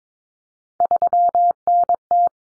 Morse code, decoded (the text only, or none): 3NT